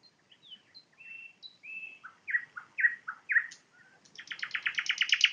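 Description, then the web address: Nightingale song: a sequence of slurred whistles and loud swelling notes, ending in a rapid, intense repeated rattle. Recorded in Poland with a parabolic microphone. "nagranie na paraboloid spiew slowika"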